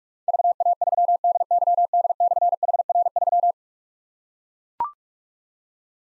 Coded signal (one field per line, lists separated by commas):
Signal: Morse code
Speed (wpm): 44 wpm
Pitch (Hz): 700 Hz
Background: none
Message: VA3DYD/HR3